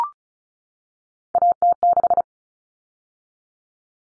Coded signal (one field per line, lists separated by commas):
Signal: Morse code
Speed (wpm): 34 wpm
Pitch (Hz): 700 Hz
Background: none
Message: AT6